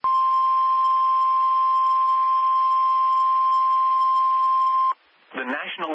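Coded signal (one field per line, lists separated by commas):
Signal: Emergency Alert System (SAME) tones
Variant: 1050 Hz attention tone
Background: speech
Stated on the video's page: Severe Thunderstorm Warning received from NOAA Weather Radio station.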